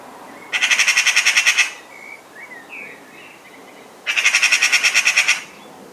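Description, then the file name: Eurasian magpie chattering in two loud, rasping rattles of rapid repeated notes, each a little over a second long. "Pica pica"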